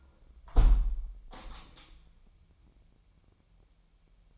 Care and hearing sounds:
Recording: daily activity, microphone in the room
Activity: close window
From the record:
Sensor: 1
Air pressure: 998.0 hPa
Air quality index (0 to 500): 136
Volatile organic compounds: 4 ppm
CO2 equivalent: 1618 ppm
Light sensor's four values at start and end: 16/55/22/22 and 16/55/22/22

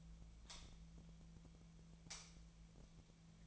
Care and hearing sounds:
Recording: daily activity, microphone in the room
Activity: light on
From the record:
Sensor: 1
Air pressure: 1009.8 hPa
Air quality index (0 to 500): 190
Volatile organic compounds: 17 ppm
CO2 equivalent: 2601 ppm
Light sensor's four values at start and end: 35/90/38/46 and 46/133/55/62

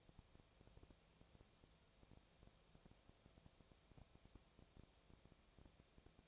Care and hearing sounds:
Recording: daily activity, microphone in the room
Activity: no activity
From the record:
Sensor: 1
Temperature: 19.6 degrees Celsius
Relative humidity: 36.5%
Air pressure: 997.0 hPa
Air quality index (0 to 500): 204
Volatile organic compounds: 129 ppm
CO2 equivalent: 3924 ppm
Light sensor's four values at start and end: 1/2/1/1 and 1/2/1/1

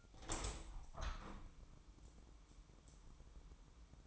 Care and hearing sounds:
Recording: daily activity, microphone in the room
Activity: open window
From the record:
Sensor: 1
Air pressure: 1000.5 hPa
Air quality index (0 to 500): 168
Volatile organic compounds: 4 ppm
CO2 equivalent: 1542 ppm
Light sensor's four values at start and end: 11/27/11/13 and 12/28/12/14

